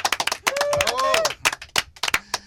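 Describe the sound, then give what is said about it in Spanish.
A burst of applause, many hands clapping in quick, uneven bursts, with a voice calling out or cheering over the clapping for a moment. “Ahora no se me va a olvidar lo del aplauso, por favor.”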